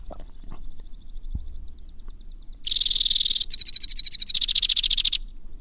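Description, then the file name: White-winged crossbill: faint sounds at first, then a loud high trill of about two and a half seconds, buzzy then rattling. "suara kicauan burung white winged crossbill. omkicau"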